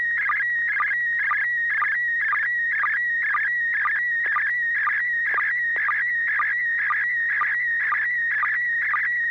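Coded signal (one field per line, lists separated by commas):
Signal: SSTV (slow-scan television)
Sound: warbling tone around 2 kHz with a short low blip twice a second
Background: low hum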